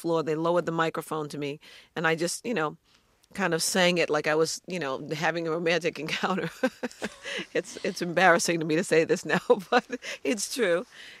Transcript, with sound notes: They lowered the microphone to me. And I just, you know, kind of sang it like I was, you know, having a romantic encounter.
(SOUNDBITE OF LAUGHTER)
It's embarrassing for me to say this now, but it's true.